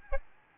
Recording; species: mosquito wingbeat signal from an infrared sensor; Aedes albopictus